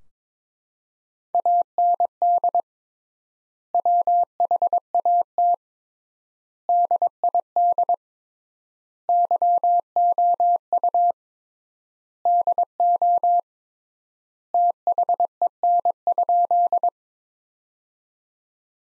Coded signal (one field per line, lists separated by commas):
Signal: Morse code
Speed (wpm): 21 wpm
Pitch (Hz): 700 Hz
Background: none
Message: AND WHAT DID YOU DO THEN?